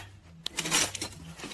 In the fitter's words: push this down until it snaps